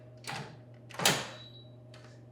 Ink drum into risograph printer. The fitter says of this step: Once I put it in place, I'm gonna gently but firmly push it in until I hear a click.